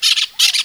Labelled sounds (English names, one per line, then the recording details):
Brown-throated Parakeet contact call
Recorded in Venezuela
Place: Guárico; Corozopando; Fundo La Fe
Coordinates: 8.506, -67.593